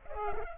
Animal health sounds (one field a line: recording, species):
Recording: mosquito wingbeat signal from an infrared sensor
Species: Culex pipiens